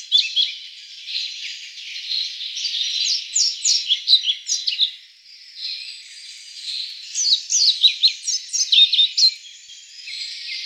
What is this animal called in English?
European Pied Flycatcher